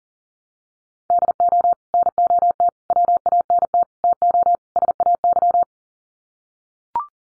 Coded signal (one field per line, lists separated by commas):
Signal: Morse code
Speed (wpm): 38 wpm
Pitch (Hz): 700 Hz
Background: none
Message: DO NOT WANT TO SAY